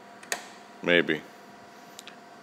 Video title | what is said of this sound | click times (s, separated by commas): FZ1 install flashed ECU | Right now, I'm going to push it. You can hear the click. | 0.3 s